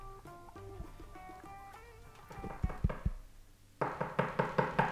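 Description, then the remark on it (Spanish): Knocking on a door: a few dull thuds, then a louder run of quick, sharp raps in a steady rhythm, following a faint tonal hum. “Un golpe en una puerta parecería ser,”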